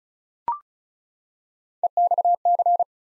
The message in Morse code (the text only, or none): EXC